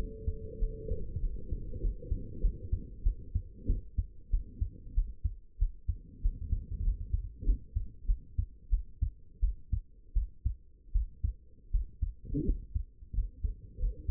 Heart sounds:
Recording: heart sounds by stethoscope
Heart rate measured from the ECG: 91 bpm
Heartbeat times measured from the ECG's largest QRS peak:
0.59 s: heartbeat
1.21 s: heartbeat
1.81 s: heartbeat
2.41 s: heartbeat
3.03 s: heartbeat
3.67 s: heartbeat
4.31 s: heartbeat
4.95 s: heartbeat
5.59 s: heartbeat
6.22 s: heartbeat
6.83 s: heartbeat
7.45 s: heartbeat
8.06 s: heartbeat
8.70 s: heartbeat
9.40 s: heartbeat
10.14 s: heartbeat
10.92 s: heartbeat
11.71 s: heartbeat
12.45 s: heartbeat
13.14 s: heartbeat
13.79 s: heartbeat
From the record:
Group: healthy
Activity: rest 0-5 s, cold pressor test 5-14 s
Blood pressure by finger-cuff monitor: 91/50 mmHg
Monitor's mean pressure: 65 mmHg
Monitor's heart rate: 94 bpm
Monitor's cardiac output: 9 L/min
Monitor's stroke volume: 96 mL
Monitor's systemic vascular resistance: 520 dyn s/cm5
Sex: female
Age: 22 years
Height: 161 cm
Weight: 65.5 kg

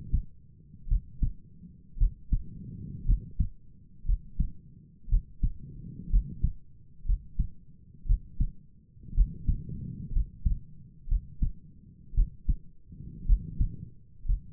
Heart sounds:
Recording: heart sounds by stethoscope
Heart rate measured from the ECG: 58 bpm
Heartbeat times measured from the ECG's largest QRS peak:
0.88 s: heartbeat
1.98 s: heartbeat
3.06 s: heartbeat
4.06 s: heartbeat
5.09 s: heartbeat
6.10 s: heartbeat
7.06 s: heartbeat
8.06 s: heartbeat
9.15 s: heartbeat
10.13 s: heartbeat
11.08 s: heartbeat
12.15 s: heartbeat
13.26 s: heartbeat
14.26 s: heartbeat
From the record:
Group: healthy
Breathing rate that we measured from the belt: 17 breaths a minute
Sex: female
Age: 28 years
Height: 170 cm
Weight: 77 kg

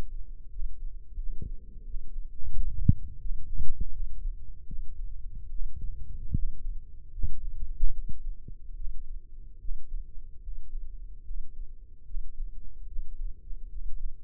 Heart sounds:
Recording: heart sounds by microphone in the left ear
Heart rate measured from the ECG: 77 bpm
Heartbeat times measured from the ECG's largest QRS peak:
0.49 s: heartbeat
1.17 s: heartbeat
1.84 s: heartbeat
2.50 s: heartbeat
3.19 s: heartbeat
3.90 s: heartbeat
4.66 s: heartbeat
5.49 s: heartbeat
6.33 s: heartbeat
7.11 s: heartbeat
7.91 s: heartbeat
8.75 s: heartbeat
9.59 s: heartbeat
10.41 s: heartbeat
11.23 s: heartbeat
12.04 s: heartbeat
12.86 s: heartbeat
13.69 s: heartbeat
From the record:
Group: healthy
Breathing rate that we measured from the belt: 16 breaths a minute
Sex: male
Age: 35 years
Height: 178 cm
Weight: 64 kg

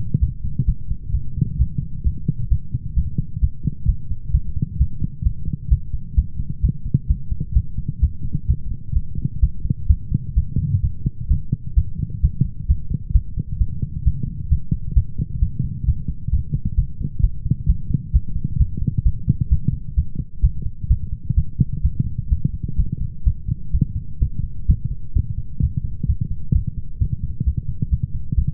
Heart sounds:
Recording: heart sounds by stethoscope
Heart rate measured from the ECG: 130 bpm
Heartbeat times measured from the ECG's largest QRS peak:
0.20 s: heartbeat
0.66 s: heartbeat
1.12 s: heartbeat
1.58 s: heartbeat
2.04 s: heartbeat
2.49 s: heartbeat
2.95 s: heartbeat
3.41 s: heartbeat
3.86 s: heartbeat
4.32 s: heartbeat
4.78 s: heartbeat
5.24 s: heartbeat
5.69 s: heartbeat
6.15 s: heartbeat
6.61 s: heartbeat
7.08 s: heartbeat
7.54 s: heartbeat
8.00 s: heartbeat
8.47 s: heartbeat
8.94 s: heartbeat
9.41 s: heartbeat
9.88 s: heartbeat
10.34 s: heartbeat
10.81 s: heartbeat
11.28 s: heartbeat
11.75 s: heartbeat
12.21 s: heartbeat
12.67 s: heartbeat
13.13 s: heartbeat
13.59 s: heartbeat
14.04 s: heartbeat
14.49 s: heartbeat
14.95 s: heartbeat
15.40 s: heartbeat
15.85 s: heartbeat
16.31 s: heartbeat
16.76 s: heartbeat
17.22 s: heartbeat
17.67 s: heartbeat
18.12 s: heartbeat
18.58 s: heartbeat
19.04 s: heartbeat
19.49 s: heartbeat
19.95 s: heartbeat
20.42 s: heartbeat
20.88 s: heartbeat
21.35 s: heartbeat
21.82 s: heartbeat
22.29 s: heartbeat
22.77 s: heartbeat
23.25 s: heartbeat
23.72 s: heartbeat
24.20 s: heartbeat
24.67 s: heartbeat
25.14 s: heartbeat
25.61 s: heartbeat
26.07 s: heartbeat
26.53 s: heartbeat
26.99 s: heartbeat
27.45 s: heartbeat
27.90 s: heartbeat
28.36 s: heartbeat
From the record:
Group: healthy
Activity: light exercise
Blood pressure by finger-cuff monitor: 155/83 mmHg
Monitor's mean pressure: 103 mmHg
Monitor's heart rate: 130 bpm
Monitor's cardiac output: 13.4 L/min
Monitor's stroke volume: 103 mL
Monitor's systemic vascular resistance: 580 dyn s/cm5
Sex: male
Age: 24 years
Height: 184 cm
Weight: 89 kg

